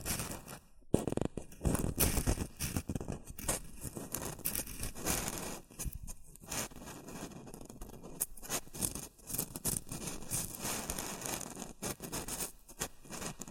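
Shredded tissue and packing peanuts rustle and crinkle without letup, a dense run of crisp, bright crackles. Handling surges in bursts, loudest around the first two seconds, with brief near-silent gaps at about one, six and twelve seconds.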